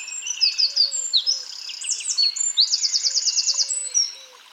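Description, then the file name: Eurasian wren singing a loud, fast outpouring of high chips and whistles, broken by an even, machine-gun trill in the middle of the phrase. "Troglodytes troglodytes"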